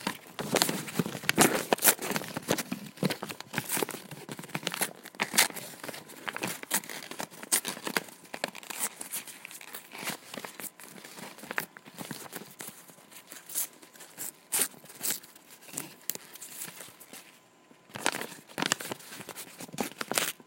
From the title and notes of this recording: Ambient ASMR - Ripping Paper. Paper ripping and tearing.